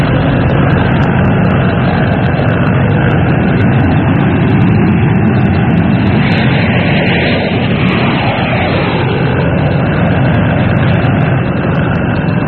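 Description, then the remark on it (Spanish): Jet airliner engines taxiing on a runway: a steady, loud roar of deep rumble and broad hiss that holds for the whole stretch, swelling slightly midway, with no voices. “cinta asfáltica se deslizaba imponente el moderno jet, como blanco pájaro que escogiera la fría tarde para descansar de largo vuelo.”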